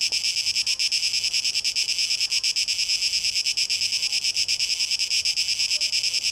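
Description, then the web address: Cicada song, a shrill, high buzz broken by irregular pulses, wavering in strength. Recorded 12 August 2023; tape echo mix. "rauschpartikel Audio 2023-08-12 Zikaden (Tape Echo Mix)"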